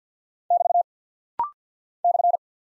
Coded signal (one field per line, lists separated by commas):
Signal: Morse code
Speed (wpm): 48 wpm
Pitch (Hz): 700 Hz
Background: none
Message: <BT> /